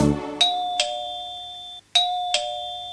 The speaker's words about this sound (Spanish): ¿Qué es? El timbre alguien tocó. ¿Qué es? Mi amigo que llegó.